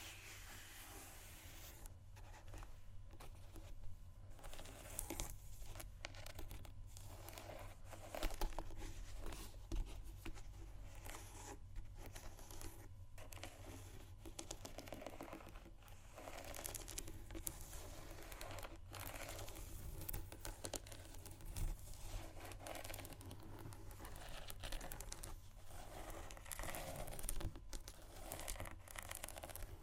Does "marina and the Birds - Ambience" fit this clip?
no